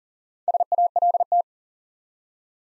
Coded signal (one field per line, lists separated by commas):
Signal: Morse code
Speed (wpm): 38 wpm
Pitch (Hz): 700 Hz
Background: none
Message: SALT